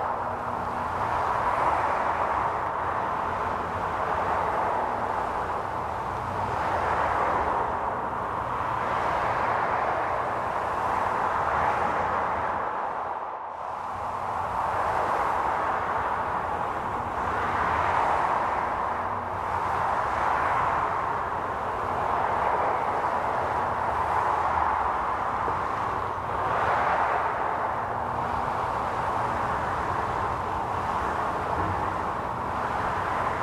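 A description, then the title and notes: Arctic wind roars steadily, a dense hissing rush centered in the middle range with a low rumble underneath. Gusts swell and ease every few seconds, and the blast drops away briefly around the thirteen-second mark before returning at full strength. Arctic Wind. Sounds recorded onto a Zoom H4n, with a Rode shotgun microphone.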